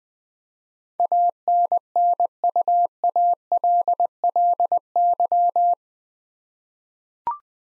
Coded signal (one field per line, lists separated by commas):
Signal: Morse code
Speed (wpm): 21 wpm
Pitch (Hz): 700 Hz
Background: none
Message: ANNUALLY